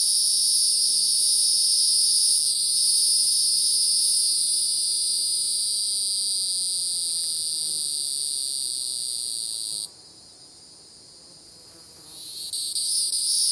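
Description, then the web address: Hieroglyphic cicada song: a loud, steady, high buzzing drone that cuts off abruptly, pauses for about two seconds, then swells back in. "Songs of Insects. Hieroglyphic Cicada"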